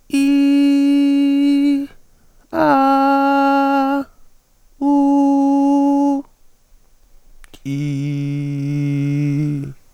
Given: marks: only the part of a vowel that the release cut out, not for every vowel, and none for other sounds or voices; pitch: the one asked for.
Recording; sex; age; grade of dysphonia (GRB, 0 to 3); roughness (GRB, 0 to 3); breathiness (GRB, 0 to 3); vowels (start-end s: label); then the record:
sustained vowels; female; 50 to 59 years; 0; 0; 0
0.28-1.65 s: vowel /i/, high pitch
2.77-3.93 s: vowel /a/, high pitch
4.95-6.10 s: vowel /u/, high pitch
8.46-9.60 s: vowel /i/, low pitch
From the record:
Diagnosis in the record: healthy voice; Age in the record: 50 years